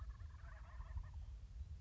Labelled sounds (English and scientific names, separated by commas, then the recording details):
Wild Turkey (Meleagris gallopavo)
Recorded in Sonoma County, California